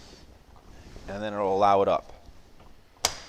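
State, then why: Seated. On a 2020 Pursuit DC266 boat console, someone talks briefly while the folding windshield window, its pin pulled, is moved up. The latch locks back in place with a sharp, loud click at 3.1 s, and the window is locked in place.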